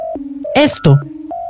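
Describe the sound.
Steady electronic keypad tones step between a higher and a lower pitch, each held briefly, with a short burst of voice breaking in through the middle before the tones resume.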